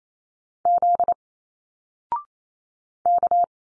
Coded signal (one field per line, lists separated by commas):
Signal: Morse code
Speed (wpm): 28 wpm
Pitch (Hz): 700 Hz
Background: none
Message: Z K